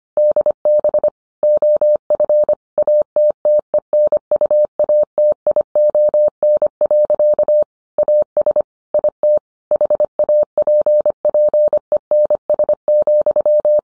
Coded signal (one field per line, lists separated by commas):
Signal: Morse code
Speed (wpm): 25 wpm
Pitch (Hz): 600 Hz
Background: none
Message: DB OF ATTENUATION. AS IT HAPPENS,